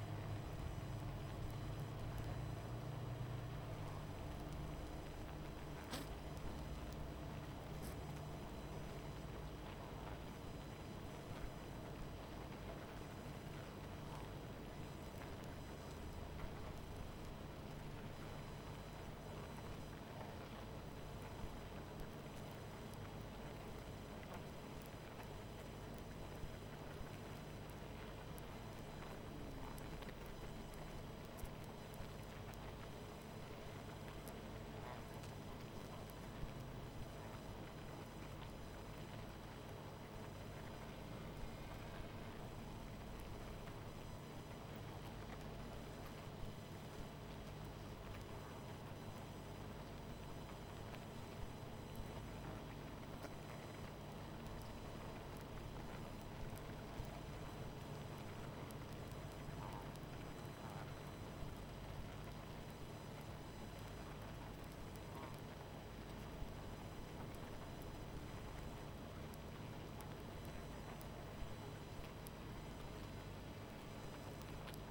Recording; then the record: honeybee colony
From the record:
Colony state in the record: missing queen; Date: 14 July 2017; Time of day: 21:24